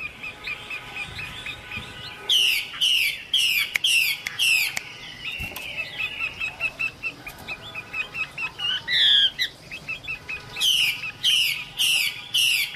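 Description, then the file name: Chinese hwamei song of strong repeated descending buzzy phrases in bursts about twice a second, with softer chirping between them. Female bird singing. "Tieng chim hoa mi mai hot"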